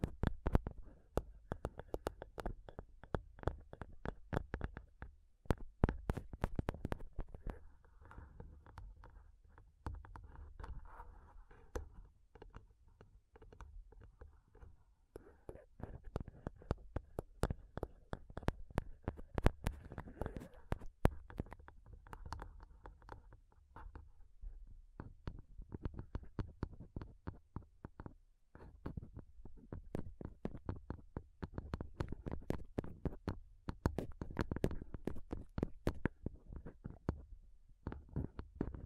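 Fingernails tap a microphone in fast, dense bursts of sharp clicks over a low, thumping rumble. The tapping slackens and softens for a few seconds around the ten-second mark, then returns louder and busier, with short pauses scattered through to the end.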